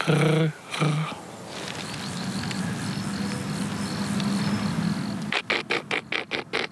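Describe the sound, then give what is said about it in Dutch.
A field grasshopper stridulates: a quick series of short, dry rasping pulses, fairly loud, following a brief voice and a steady thin insect whirr in the background. “Ik denk dat dat een veldsprinkhaan was.”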